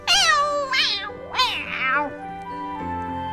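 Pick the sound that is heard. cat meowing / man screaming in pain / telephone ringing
cat meowing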